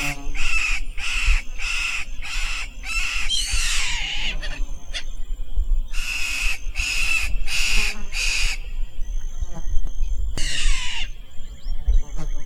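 Bird calling in runs of harsh raspy notes, a few per second, with pauses, a longer squawk and steady low rumbling noise throughout.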